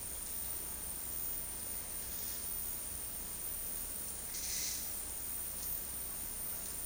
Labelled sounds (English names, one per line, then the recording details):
none
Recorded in dense forest near Puerto Asís, Putumayo, Colombia, on 21 February 2024 at 12:30
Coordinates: 0.485, -76.318
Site G6408